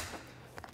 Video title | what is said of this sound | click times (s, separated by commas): Benefits Of The Aqua Lung Rogue - Custom Sizing | just gonna fit a medium again just as fast you line it up pull it until it clicks and now | 0.6 s